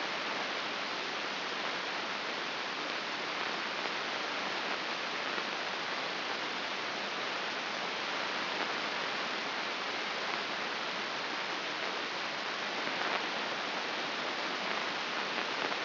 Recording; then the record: brain microelectrode recording played as sound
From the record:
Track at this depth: outside the subthalamic nucleus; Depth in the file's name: 5.02 mm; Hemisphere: left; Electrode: 2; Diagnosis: Parkinson's disease